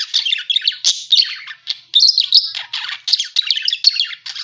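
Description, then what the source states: Parakeet chatter: rapid warbling chirps and short squeaky notes in quick bursts, with brief gaps, high-pitched throughout. Lure sound used for catching birds.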